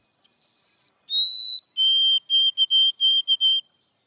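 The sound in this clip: White-throated Sparrow song: a long pure whistle, a second slightly lower whistle, then a run of several shorter whistles lower still.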